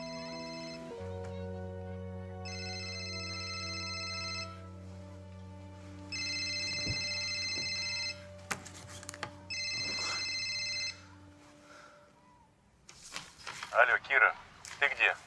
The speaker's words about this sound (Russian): Звонит мобильник на тумбочке.